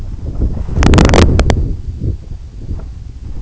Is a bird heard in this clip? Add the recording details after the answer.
no. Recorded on Arctic tundra, site EABA-1, on 27 June 2018. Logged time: 12:00